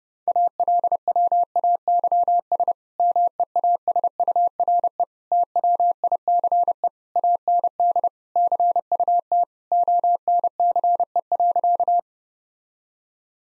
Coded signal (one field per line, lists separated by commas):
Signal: Morse code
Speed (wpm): 32 wpm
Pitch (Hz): 700 Hz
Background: none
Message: ALWAYS MEASURE TWICE AND CUT ONCE.